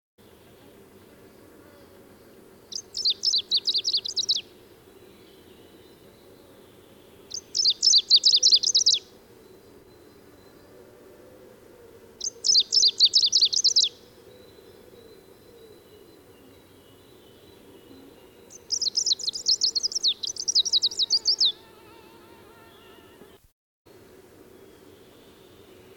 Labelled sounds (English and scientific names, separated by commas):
Greenish Warbler (Phylloscopus trochiloides) song